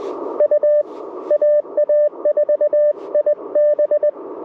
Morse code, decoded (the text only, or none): U AA4IB